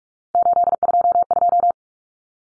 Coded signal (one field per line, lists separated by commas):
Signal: Morse code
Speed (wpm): 44 wpm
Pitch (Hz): 700 Hz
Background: none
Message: 822